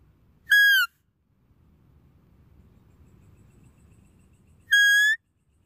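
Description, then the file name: Deer calling twice with harmonic whistled notes; the first falls at its end and the second rises slightly, about four seconds apart, over faint low noise. "Tieng con nai keu"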